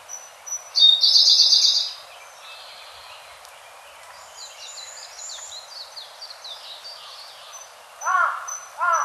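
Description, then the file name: Siberian blue robin song, a brief high buzzy trill near the start, then soft faint twitters, with two harsh calls at the end. "koruri"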